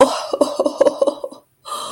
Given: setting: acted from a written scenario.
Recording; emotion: vocal sound without words; elation